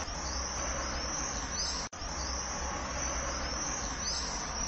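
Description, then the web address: Common swift screaming: a continuous high-pitched buzzy band with brief arching screeches, set against constant low rushing noise and a short dropout near two seconds. "sound Common-swift. صدای-پرنده-بادخورک-معمولی"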